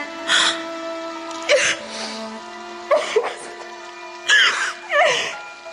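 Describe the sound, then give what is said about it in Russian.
A woman sobs in uneven, halting bursts, with catching breaths and wavering whimpers between them, over a faint steady hum and without any speech. “Не доставало только слез. Перестаньте.”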